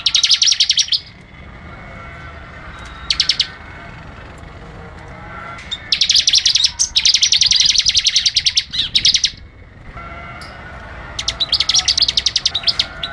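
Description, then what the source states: Bar-winged prinia song in scattered bursts: short rattling clusters, then a long sustained run of rapid high clicks around the middle, and further trills near the end. Song in the ngebren style, a rapid song.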